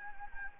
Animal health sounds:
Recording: mosquito wingbeat signal from an infrared sensor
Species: Anopheles gambiae

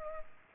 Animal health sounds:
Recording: mosquito wingbeat signal from an infrared sensor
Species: Culex pipiens

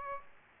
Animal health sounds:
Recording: mosquito wingbeat signal from an infrared sensor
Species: Aedes aegypti

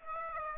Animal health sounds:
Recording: mosquito wingbeat signal from an infrared sensor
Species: Aedes aegypti

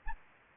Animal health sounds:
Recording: mosquito wingbeat signal from an infrared sensor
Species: Anopheles gambiae

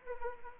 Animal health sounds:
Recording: mosquito wingbeat signal from an infrared sensor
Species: Anopheles arabiensis

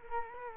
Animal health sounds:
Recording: mosquito wingbeat signal from an infrared sensor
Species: Culex quinquefasciatus

